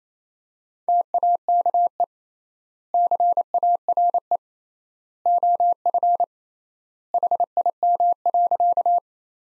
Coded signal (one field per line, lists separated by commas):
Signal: Morse code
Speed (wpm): 28 wpm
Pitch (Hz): 700 Hz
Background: none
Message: TAKE CARE OF HIM.